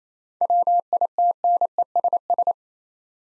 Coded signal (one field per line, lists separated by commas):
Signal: Morse code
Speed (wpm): 28 wpm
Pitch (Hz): 700 Hz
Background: none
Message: WITNESS